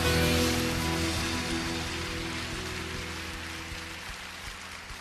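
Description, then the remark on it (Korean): An audience at a live Thursday worship meeting claps to give glory to God in a dense, continuous wash of applause that gradually softens over five seconds, with a steady low sustained tone underneath. “하나님께 영광의 박수 올려드립시다.”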